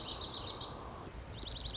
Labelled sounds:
Dark-eyed Junco
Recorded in Sonoma County, California

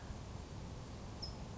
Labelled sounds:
California Towhee
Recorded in Sonoma County, California

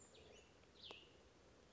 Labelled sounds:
Cassin's Vireo
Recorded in Sonoma County, California

